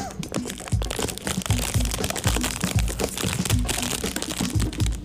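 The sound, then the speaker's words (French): A snack package is torn open, its plastic wrapper crinkling and crackling loudly in a dense, uneven stream of sharp rustles that runs for about five seconds without pause. “Je dirais qu'au son, on le sait que c'est pas un sac de chips.”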